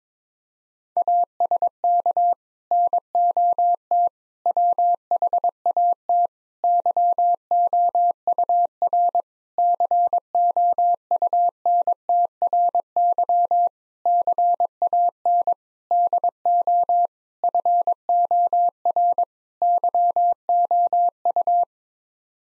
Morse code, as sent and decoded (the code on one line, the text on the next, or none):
.- ... -.- / -. --- - / .-- .... .- - / -.-- --- ..- .-. / -.-. --- ..- -. - .-. -.-- / -.-. .- -. / -.. --- / ..-. --- .-. / -.-- --- ..-
ASK NOT WHAT YOUR COUNTRY CAN DO FOR YOU